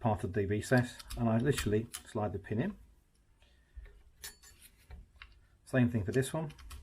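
Someone talks while sliding the takedown pin through the aligned holes of the receiver of a Kriss Vector .22 carbine during reassembly. In a quiet stretch between the talking, a few small, sharp handling taps and ticks are heard. The clip ends before the pin goes home, and nothing has seated or clicked into place yet.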